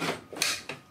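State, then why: Seated. A hard drive slides with a rubbing scrape into its bay in a Power Mac G4 MDD desktop computer case and is pushed until it latches. It clicks sharply into place at 0.4 s, followed by a softer knock near 0.7 s. The drive is seated.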